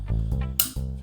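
The punch tube wheel of a rotary leather hole punch is turned to a larger tube until it faces the bottom and locks into place with a sharp click at 0.6 s, heard over low, steady music. The selected tube is seated.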